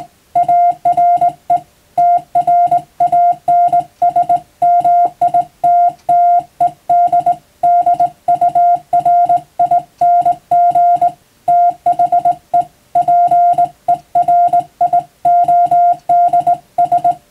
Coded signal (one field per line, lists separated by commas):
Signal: Morse code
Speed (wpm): 20 wpm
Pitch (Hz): 700 Hz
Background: music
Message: ARE TRANSMITTED DURING THE PERIODS